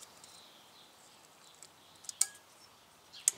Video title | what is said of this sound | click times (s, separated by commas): 2018 Wrangler Unlimited Sport Front Brakes - Auto Repair | hear that click | 2.2 s, 3.3 s